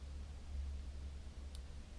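A handle on an aluminum-bodied part with a greased brass piece is turned until its detent engages. A faint, short, high-pitched click is heard at 1.6 s over a steady low hum. The handle's detent clicks into position and is seated.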